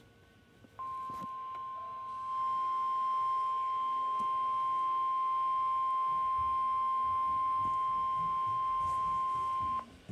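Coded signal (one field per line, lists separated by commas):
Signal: Emergency Alert System (SAME) tones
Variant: 1050 Hz attention tone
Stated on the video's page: Real severe thunderstorm warning received from NOAA weather radio station WXM42.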